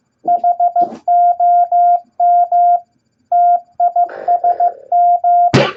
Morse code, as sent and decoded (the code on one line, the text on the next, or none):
.... --- -- / - .. ... --
HOM TISM